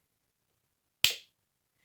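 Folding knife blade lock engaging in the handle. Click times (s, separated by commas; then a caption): 1.0 s. A Cold Steel SR1 Lite steel-and-plastic folding knife is opened until the Triad lock bar snaps into the locked position in the handle. One sharp, bright click lands at 1.0 s and decays in about a quarter second, with silence around it. The lock engages positively, and the blade is locked up.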